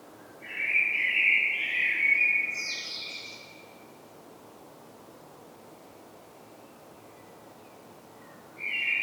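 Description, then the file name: Common blackbird song: a rich fluted warble followed by a brief high squeaky flourish, then silence until a new phrase begins at the end. "Turdus merula"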